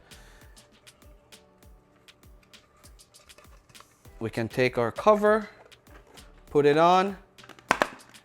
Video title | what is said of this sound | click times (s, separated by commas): Miracle fix for a Broken Icemaker - No ice, No Problem- | and it just snaps right in | 7.7 s, 7.8 s